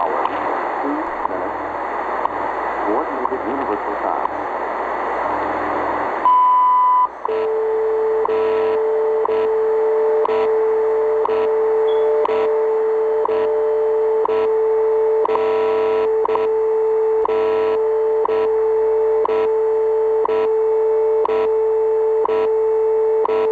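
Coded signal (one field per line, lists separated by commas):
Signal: radio time signal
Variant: WWV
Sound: voice announcement over static, a beep, then a steady hum ticking every second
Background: radio static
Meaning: The 1 kHz tone marks the start of a minute and the ticks mark each second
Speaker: hi this is radio station WWV Fort Collins Colorado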